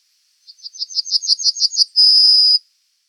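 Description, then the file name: Bunting song with a rattling string of high, evenly spaced notes ending in a long steady whistled note; nothing else heard. "Golosa ptic i zverei - Ovsyanka"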